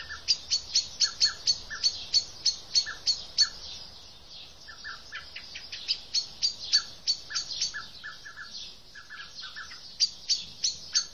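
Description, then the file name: Eurasian blackbird calls: rapid high ticking notes in bursts, mixed with short lower chirps, running steadily for about eleven seconds. "Turdus merula"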